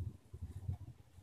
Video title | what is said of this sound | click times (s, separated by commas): Replacing a Samsung LCD TV Fluorescent Lamp Assembly to fix backlight power off after power on. | and I don't feel it snapping that wasn't a snapping sound that was the thing up there | none